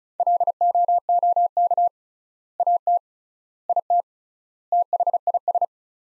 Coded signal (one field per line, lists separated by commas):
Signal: Morse code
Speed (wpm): 35 wpm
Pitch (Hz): 700 Hz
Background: none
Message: LOOK AT IT THIS